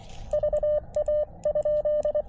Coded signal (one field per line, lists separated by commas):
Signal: Morse code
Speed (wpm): 24 wpm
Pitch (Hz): 590 Hz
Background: radio noise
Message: VA ?